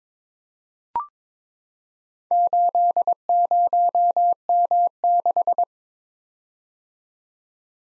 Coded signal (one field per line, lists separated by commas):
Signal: Morse code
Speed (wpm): 22 wpm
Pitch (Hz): 700 Hz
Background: none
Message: 80M6